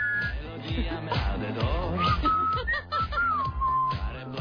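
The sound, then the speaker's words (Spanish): The tune of a popular song is whistled in clear, high sustained notes with a few gliding pitches, heard over a busy, steady background of low, rhythmic sound and voices. “Los niños lo silban en las excursiones campestres.”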